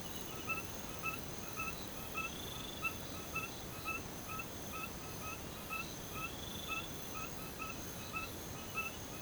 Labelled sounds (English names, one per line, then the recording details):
none
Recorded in pastures near Puerto Asís, Putumayo, Colombia, on 21 March 2025 at 02:30
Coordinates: 0.486, -76.323
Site G075